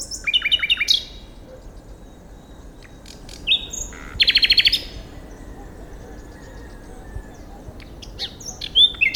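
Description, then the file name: Common nightingale phrases: quick stuttering chirps open, followed after a gap by a loud buzzy rattle, with a few scattered high notes near the end. "Luscinia megarhynchos"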